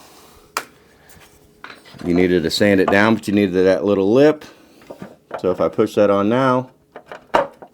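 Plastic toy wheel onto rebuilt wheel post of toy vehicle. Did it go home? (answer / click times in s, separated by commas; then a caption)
yes / 7.3 s. A plastic wheel is pushed onto a rebuilt wheel post tab, sanded down but left with a small lip, on a 1988 G.I. Joe Rolling Thunder plastic toy vehicle being restored after its wheel post tabs were broken and missing. Someone talks, then a few light plastic taps lead to a sharp pop at 7.4 s as the wheel snaps onto the post. The wheel is seated and holds.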